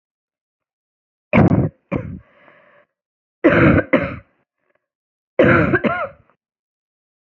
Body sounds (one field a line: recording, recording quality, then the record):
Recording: heavy voluntary cough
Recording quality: excellent, no background noise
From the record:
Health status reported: healthy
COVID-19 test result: not tested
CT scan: not taken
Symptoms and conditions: cough, cold, fever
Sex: female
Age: 31 years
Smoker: no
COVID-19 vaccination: both doses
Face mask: not worn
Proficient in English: yes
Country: India